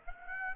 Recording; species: mosquito wingbeat signal from an infrared sensor; Aedes aegypti